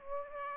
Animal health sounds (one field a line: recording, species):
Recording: mosquito wingbeat signal from an infrared sensor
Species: Aedes aegypti